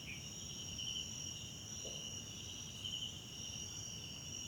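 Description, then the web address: Cricket chorus of constant high-pitched trills, a faint brief chirp near the start, with soft low background rumble throughout. Background chorus of South African crickets recorded at night in a wetland park at Kosi Forest Lodge, South Africa. "Tonschliff - SOUTH AFRICAN CRICKETS BG South Africa Wetland Park Kosi Forest Lodge Night"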